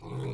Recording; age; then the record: pig call; weaner (32 to 43 days)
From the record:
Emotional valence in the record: negative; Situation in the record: novel object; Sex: female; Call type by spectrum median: low-frequency call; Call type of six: low-frequency stable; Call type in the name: low-frequency stable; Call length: 0.34 s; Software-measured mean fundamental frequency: 62 Hz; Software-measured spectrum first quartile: 130 Hz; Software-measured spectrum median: 253 Hz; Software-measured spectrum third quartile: 567 Hz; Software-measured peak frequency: 132 Hz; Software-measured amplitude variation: 92 dB a second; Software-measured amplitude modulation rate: 20.7 a second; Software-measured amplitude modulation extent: 4.5 dB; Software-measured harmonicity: -4.1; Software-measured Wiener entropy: -0.28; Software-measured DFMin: 1109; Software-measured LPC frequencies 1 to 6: 334, 983, 2322, 3440, 3879, 5439 Hz